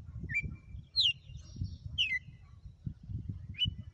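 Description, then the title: Red-cowled cardinal song: a few loud whistled slurred notes, with low rumbling noise beneath. Female; sang one lash (açoite) of song after another today. "Canto Galo Campina Fêmea. Galo de campina,hj foi um açoite atrás do outro"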